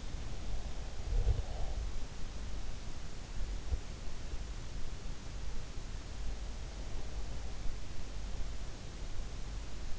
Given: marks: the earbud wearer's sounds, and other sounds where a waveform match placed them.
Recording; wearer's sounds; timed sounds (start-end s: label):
sounds in sleep by an in-ear microphone; breath
0.00-2.52 s: breath